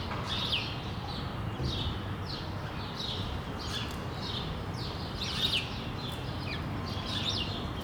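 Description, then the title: Sparrow chirps in spaced bursts, over a steady low background hum. Several sparrows on a street in Brussels, Belgium, recorded for World Sparrow Day with Lom mikroUši microphones into a Deity PR-2 recorder. "Rue de l'épargne, Bruxelles, Bruxelles-Capitale, Belgique - World Sparrow Day"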